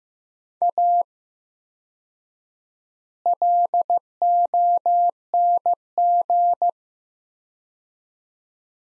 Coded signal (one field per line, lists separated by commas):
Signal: Morse code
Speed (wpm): 15 wpm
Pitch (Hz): 700 Hz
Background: none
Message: A LONG